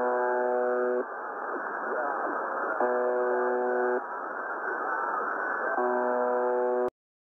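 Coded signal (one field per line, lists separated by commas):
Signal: channel marker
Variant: UVB-76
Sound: three harsh low buzzes, each about one second, separated by hissing radio static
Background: radio static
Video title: 6998 Khz USB Russian Buzzer,using WebSDR UVB-76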